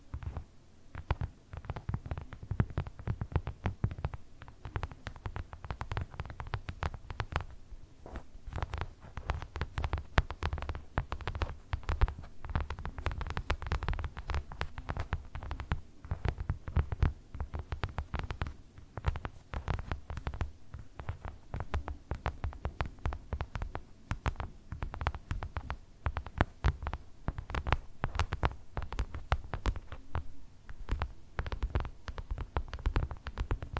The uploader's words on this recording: ASMR 1 Hour Tapping No Talking For Sleep (Louis Vuitton, Yankee Candle, Bamboo, .)